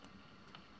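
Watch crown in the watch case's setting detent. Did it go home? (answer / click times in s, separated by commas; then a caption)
released / 0.0 s, 0.6 s. The steel push-pull crown of a Sea-Gull Type-99 Tank Commander D813.581 Chinese military mechanical wristwatch is pulled out through two detent positions in the case's setting detent, with two short, faint clicks at 0.0 and 0.6 seconds over a low steady background. The crown ends out at the second position, which stops the second hand (hacking) so the time can be set precisely.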